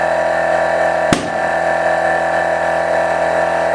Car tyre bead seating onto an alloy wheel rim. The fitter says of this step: it will just uh snap into place onto the uh on the beads